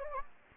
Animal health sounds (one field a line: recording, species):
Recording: mosquito wingbeat signal from an infrared sensor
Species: Anopheles gambiae